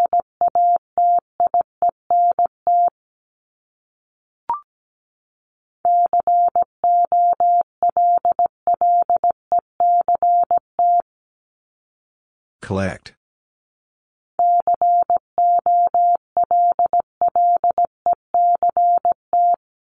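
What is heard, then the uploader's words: Morse code beeps at a single steady mid pitch, keyed in quick runs of short and longer tones. The bursts come in three groups, around 0–3, 6–11 and 14.5–20 seconds, with a faint click near 4.5 seconds and a brief noisy burst near 13 seconds. Top 1501-1750 Words 17wpm. First, the word is sent in Morse code.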